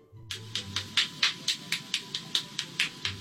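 A man cracking the joints of his body one after another: a rapid series of about thirteen sharp, bright pops, roughly two per second, over a quiet background. Joint cracking (cavitation).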